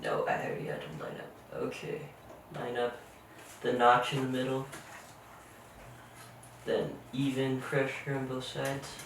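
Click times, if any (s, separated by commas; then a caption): none. A memory module (RAM stick) is lined up with the notch in its middle matching the key in a motherboard DIMM slot, ready to be pressed in with even pressure on both sides. Someone talks throughout with faint handling sounds in between. Nothing has seated or clicked yet.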